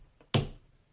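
A torque wrench set to 40 Nm tightens a cassette lockring onto a Tacx Neo 2 trainer freehub while a chain whip holds the cassette. A single loud, sharp snap at 0.3 s rings out broadband and fades over about a quarter second, showing the wrench has reached its 40 Nm setting.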